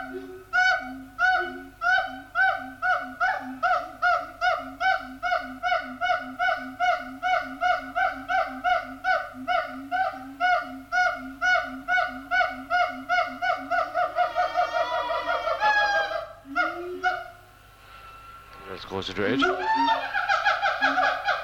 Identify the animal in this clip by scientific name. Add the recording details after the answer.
Symphalangus syndactylus. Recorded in captivity. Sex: diverse. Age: diverse. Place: Zoo Berlin, Berlin, DE. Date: 1984-12-07 10:25. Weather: sonnig, 5°C. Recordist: Tembrock, Günter